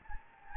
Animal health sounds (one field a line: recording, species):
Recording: mosquito wingbeat signal from an infrared sensor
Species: Anopheles gambiae